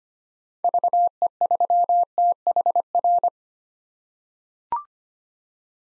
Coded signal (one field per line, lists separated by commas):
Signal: Morse code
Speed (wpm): 25 wpm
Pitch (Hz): 700 Hz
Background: none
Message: VE3THR